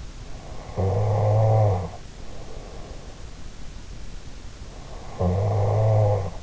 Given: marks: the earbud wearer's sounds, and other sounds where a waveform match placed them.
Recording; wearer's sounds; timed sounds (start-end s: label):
sounds in sleep by an in-ear microphone; snoring breath
0.54-3.03 s: snoring breath
5.10-6.43 s: snoring breath